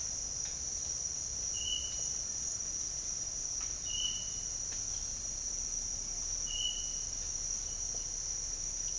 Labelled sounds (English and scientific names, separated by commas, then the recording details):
none
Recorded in dense forest near Puerto Asís, Putumayo, Colombia, on 13 March 2025 at 08:00
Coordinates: 0.484, -76.325
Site G045